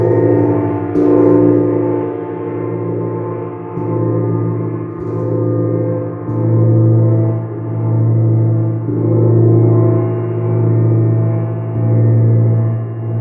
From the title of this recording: Vibrations from Sidereal Moon Gong